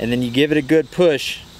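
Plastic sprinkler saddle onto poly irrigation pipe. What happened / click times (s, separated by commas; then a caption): The plastic fitting is being handled but has not clicked into place yet / none. A plastic sprinkler saddle is set in position on a poly irrigation pipe and handled, ready to be pushed on, while someone talks throughout the short clip. Nothing has seated or clicked yet; the clip ends before the saddle snaps onto the pipe.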